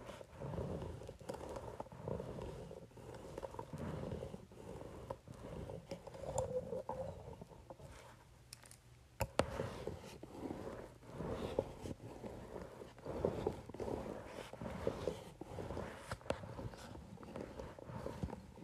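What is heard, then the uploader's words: A facial roller runs over paper in a steady, low rumbling drone, with repeated strokes swelling and fading every second or so. Brief crackling clicks break through now and then, and around the ninth second the rolling thins out before a sharp tick and resumed strokes. Facial Roller on Paper.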